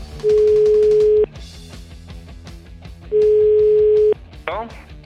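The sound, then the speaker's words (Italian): A telephone line tone sounds while a call is placed: two steady, mid-pitched beeps, each about a second long and a few seconds apart, loud over a busy background music bed. “Sentiamo, telefoniamo, ragazzi, dai.”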